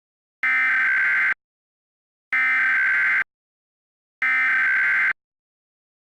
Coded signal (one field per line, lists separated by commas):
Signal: Emergency Alert System (SAME) tones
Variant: header bursts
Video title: EAS - National Test 2011 (EAN)